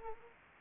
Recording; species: mosquito wingbeat signal from an infrared sensor; Anopheles arabiensis